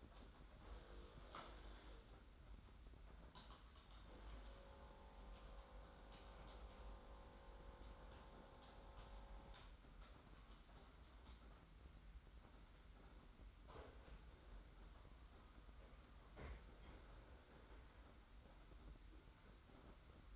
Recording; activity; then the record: daily activity, microphone in the room; typing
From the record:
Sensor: 3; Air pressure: 991.7 hPa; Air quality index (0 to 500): 187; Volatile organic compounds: 1000 ppm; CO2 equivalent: 6277 ppm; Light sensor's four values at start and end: 33/96/39/33 and 33/96/39/33